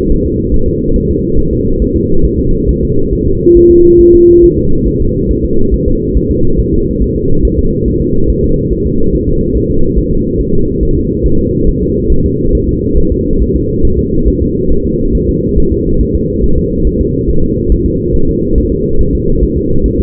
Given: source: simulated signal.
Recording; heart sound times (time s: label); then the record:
fetal heart sounds
0.12 s: S1
0.26 s: S2
0.54 s: S1
0.68 s: S2
0.96 s: S1
1.10 s: S2
1.39 s: S1
1.53 s: S2
1.82 s: S1
1.96 s: S2
2.25 s: S1
2.40 s: S2
2.69 s: S1
2.83 s: S2
3.13 s: S1
3.27 s: S2
3.57 s: S1
3.71 s: S2
4.01 s: S1
4.15 s: S2
4.44 s: S1
4.58 s: S2
4.88 s: S1
5.02 s: S2
5.31 s: S1
5.45 s: S2
5.74 s: S1
5.88 s: S2
6.17 s: S1
6.31 s: S2
6.59 s: S1
6.74 s: S2
7.02 s: S1
7.16 s: S2
7.45 s: S1
7.59 s: S2
7.88 s: S1
8.02 s: S2
8.30 s: S1
8.44 s: S2
8.72 s: S1
8.87 s: S2
9.15 s: S1
9.29 s: S2
9.56 s: S1
9.71 s: S2
9.99 s: S1
10.13 s: S2
10.41 s: S1
10.55 s: S2
10.83 s: S1
10.97 s: S2
11.26 s: S1
11.40 s: S2
11.69 s: S1
11.83 s: S2
12.12 s: S1
12.26 s: S2
12.55 s: S1
12.69 s: S2
12.98 s: S1
13.12 s: S2
13.41 s: S1
13.56 s: S2
13.85 s: S1
13.99 s: S2
14.28 s: S1
14.42 s: S2
14.72 s: S1
14.86 s: S2
15.15 s: S1
15.29 s: S2
15.58 s: S1
15.72 s: S2
16.01 s: S1
16.15 s: S2
16.44 s: S1
16.58 s: S2
16.87 s: S1
17.01 s: S2
17.29 s: S1
17.44 s: S2
17.72 s: S1
17.86 s: S2
18.15 s: S1
18.29 s: S2
18.58 s: S1
18.72 s: S2
19.01 s: S1
19.15 s: S2
19.43 s: S1
19.58 s: S2
19.86 s: S1
20.00 s: S2
From the record:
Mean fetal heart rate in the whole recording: 140 bpm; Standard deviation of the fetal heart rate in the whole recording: 2 bpm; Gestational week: 34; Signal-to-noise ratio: -17.7 dB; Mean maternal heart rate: 72 bpm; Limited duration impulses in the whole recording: present